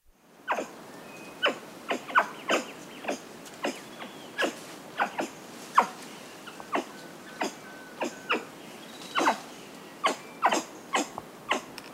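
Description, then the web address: Brown capuchin giving sharp, clipped bark-like calls, single and in quick pairs, spaced irregularly across twelve seconds over a steady hiss. Primate of the South American rainforest. "Nature Songs S America Primates of the Rainforest Brown capuchin monkey"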